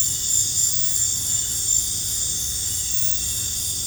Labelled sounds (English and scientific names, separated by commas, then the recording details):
none
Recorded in pastures near Puerto Asís, Putumayo, Colombia, on 18 December 2024 at 22:00
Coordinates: 0.466, -76.322
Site G040